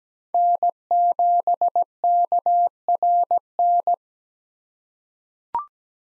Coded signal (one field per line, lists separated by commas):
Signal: Morse code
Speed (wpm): 17 wpm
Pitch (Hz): 700 Hz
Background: none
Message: N7KRN